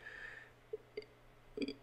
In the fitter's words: it slides in you gotta get it over that little ball and then it snaps right into place it's not hard to push down